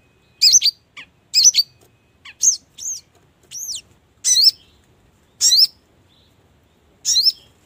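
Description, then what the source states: Brown-throated sunbird giving sharp, high chirps with quick sweeps, spaced irregularly, with short gaps of silence between notes. Masteran bird-song training recording, Labaik song variant.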